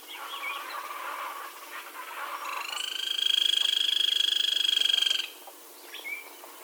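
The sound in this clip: Grey-crowned woodpecker calling with a fast pulsed trill that swells in loudness over about three seconds and then stops abruptly.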